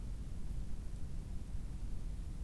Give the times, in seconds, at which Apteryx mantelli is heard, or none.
none